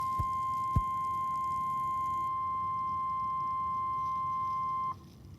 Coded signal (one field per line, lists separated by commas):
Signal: Emergency Alert System (SAME) tones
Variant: 1050 Hz attention tone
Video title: EAS #2,032 Online NOAA Weather Radio Severe Thunderstorm Warning #10 (From FFC) 6/7/25